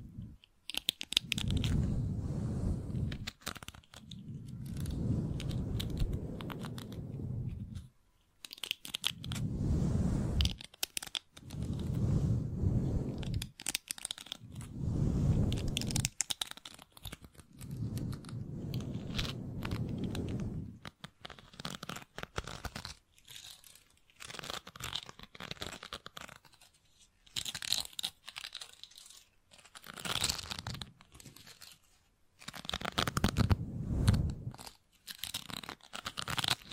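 Mic brushing and scratching: rough rubbing strokes arrive in bursts every few seconds, with heavy low thumps in the first twenty seconds and near the end. Between them come sharper, brighter scratches and crinkly rustles, with brief silent gaps.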